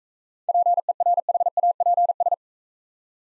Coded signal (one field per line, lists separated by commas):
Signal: Morse code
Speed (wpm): 39 wpm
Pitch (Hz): 700 Hz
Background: none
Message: PERHAPS